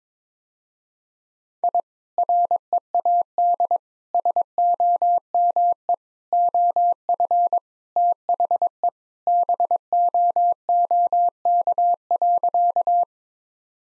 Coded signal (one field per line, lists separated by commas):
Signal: Morse code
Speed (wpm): 22 wpm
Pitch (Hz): 700 Hz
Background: none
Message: I READ SOME OF THE BOOK.